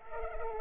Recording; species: mosquito wingbeat signal from an infrared sensor; Culex pipiens